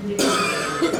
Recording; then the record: coughing mixed with background sound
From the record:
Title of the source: Residual Phlegmy Morning Coughing and Gagging